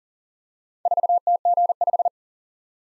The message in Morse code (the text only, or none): 4TG5